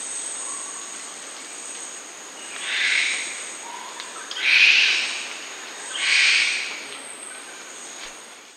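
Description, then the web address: Black uakari calls: three hoarse, breathy bursts about a second and a half apart, the middle one loudest, over a steady high whine and faint chirps. Primate of the South American rainforest. "Natures Songs S America Primates of the Rainforest Black uakari monkey"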